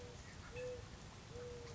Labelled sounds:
Mourning Dove
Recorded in Sonoma County, California

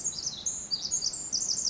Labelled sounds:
Pacific Wren
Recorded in Sonoma County, California

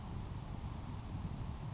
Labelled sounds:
Grasshopper Sparrow
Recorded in Sonoma County, California

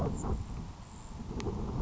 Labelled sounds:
Grasshopper Sparrow
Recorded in Sonoma County, California

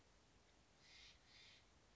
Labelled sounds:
Steller's Jay
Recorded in Sonoma County, California

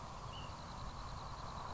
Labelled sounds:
Ash-throated Flycatcher
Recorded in Sonoma County, California

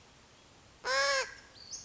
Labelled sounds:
Western Flycatcher
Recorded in Sonoma County, California

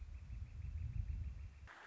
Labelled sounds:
Northern Flicker
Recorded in Sonoma County, California

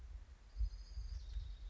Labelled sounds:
Orange-crowned Warbler
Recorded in Sonoma County, California

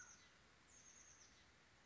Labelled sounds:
Oak Titmouse
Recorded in Sonoma County, California

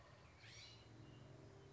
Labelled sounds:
California Scrub-Jay
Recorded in Sonoma County, California

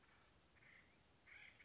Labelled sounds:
Acorn Woodpecker
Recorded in Sonoma County, California

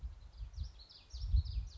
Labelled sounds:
Common Yellowthroat
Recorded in Sonoma County, California

